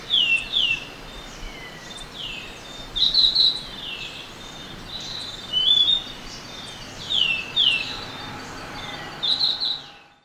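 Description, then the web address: Orange-bellied euphonia calls: high slurred notes given in clusters of two or three about every two seconds, with a few brief twittering flourishes, against low steady hiss. Ecuador. "Natures Songs S America Birds of Ecuador. Orange-bellied Euphonia"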